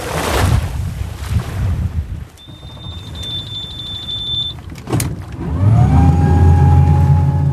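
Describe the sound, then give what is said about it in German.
A motorboat engine on the Black Sea coast of the Danube Delta, Romania, where the Danube meets the sea, cranks with a high electric whine, then catches and settles into a steady low rumble over wind and lapping water as the boat sets off back to the town of Tulcea. “Christian Mititello startet sein Boot, um sich von der Küste wieder auf den Rückweg in die Stadt Tulcza zu machen.”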